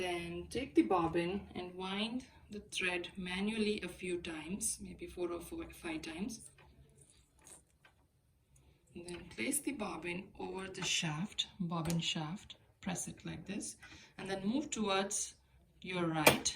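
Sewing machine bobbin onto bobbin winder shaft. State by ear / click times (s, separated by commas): not seated / none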